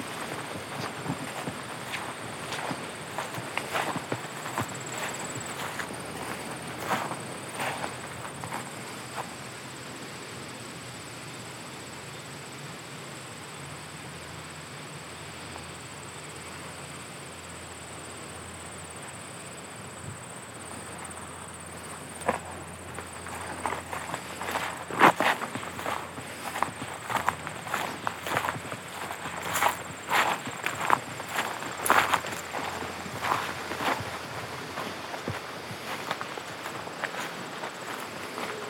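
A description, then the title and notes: Crisp leaves crunch in uneven bursts over a steady creek hiss and high cricket drone, pausing midway before growing busier near the end. Lively Day by a Cabin in the Woods (Manistee Airbnb).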